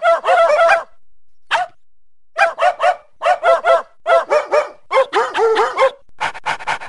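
Dogs barking in quick runs of sharp barks, separated by abrupt silent gaps.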